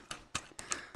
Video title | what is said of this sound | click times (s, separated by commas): AOE & Generations Bumblebee Evolution 2-Pack TRU Exclusive Review & Play | you hear that satisfying click you know that you're in good shape | 0.4 s